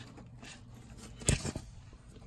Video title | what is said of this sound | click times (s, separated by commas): W220 Airmatic Front Strut Replacement | sure it clicks like that should | 1.3 s